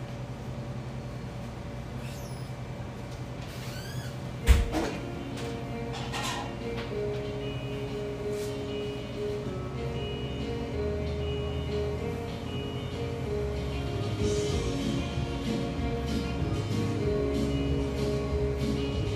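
Café sounds in a little drip coffee joint: a steady low hum and murmur, a sharp clatter near five seconds, then scattered clinks.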